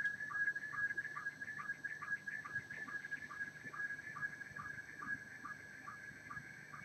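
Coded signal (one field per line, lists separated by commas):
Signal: SSTV (slow-scan television)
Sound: steady warbling tone with rhythmic short low blips, like a chirping whistle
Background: radio static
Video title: Video audio RX 14.230.00 SSTV USB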